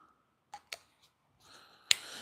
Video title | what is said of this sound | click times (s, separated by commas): Live ICON 9” Talon Grip #Giveaway & Chat #livestream | really but man that thing it's it snaps like it's the only one like none of these make that noise at all | 1.9 s